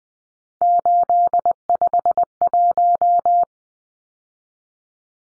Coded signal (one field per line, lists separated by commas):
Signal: Morse code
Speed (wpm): 20 wpm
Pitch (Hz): 700 Hz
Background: none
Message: 851